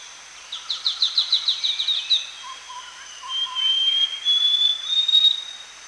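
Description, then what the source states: Scaly-crowned Babbler calling: a rapid run of about ten high, clipped notes, then a long, steady, high whistle, over a constant high hum. Danum, Borneo; recorded 1 January 2008.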